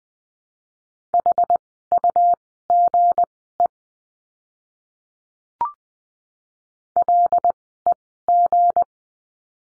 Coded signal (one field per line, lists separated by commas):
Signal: Morse code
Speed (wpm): 20 wpm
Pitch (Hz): 700 Hz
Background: none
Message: HUGE LEG